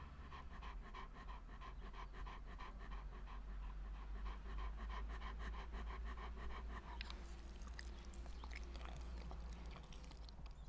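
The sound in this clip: Dog panting in quick, rhythmic breaths, about three per second, for several seconds, then giving way to scattered clicks near the end.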